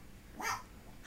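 A sneeze attack from a pet rabbit with hay fever: a single short, sharp sneeze, one of the intense, long bouts of sneezing it sometimes has.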